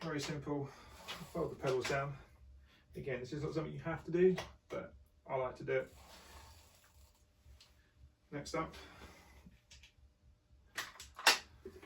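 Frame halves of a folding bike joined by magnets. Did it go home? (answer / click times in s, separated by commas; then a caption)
yes / 11.3 s. Someone talks while a MiRider electric folding bike is folded in half so the two frame magnets meet. After a few softer knocks, a loud clunk at 11.3 s marks the magnets connecting and the frame halves joining.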